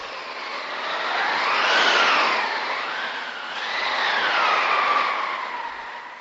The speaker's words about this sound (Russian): Ветер и пурга стихли.